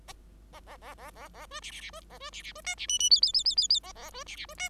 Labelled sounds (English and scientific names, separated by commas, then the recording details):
Bengalese Finch (Lonchura striata domestica) song
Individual Bird5